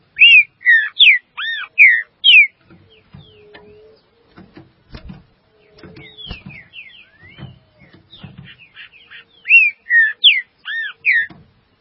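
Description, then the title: Green-winged saltator singing loud phrases of rapid, rich whistled notes at the start and end, with softer notes and faint knocking in between. "Trinca Ferro"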